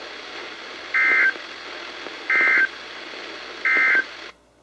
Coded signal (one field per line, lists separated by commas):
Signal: Emergency Alert System (SAME) tones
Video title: EAS #1402-#1410 | KHB36, WXM42, & WNG736